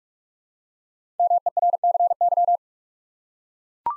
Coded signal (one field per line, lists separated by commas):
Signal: Morse code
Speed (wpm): 44 wpm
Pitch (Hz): 700 Hz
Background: none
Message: MERCY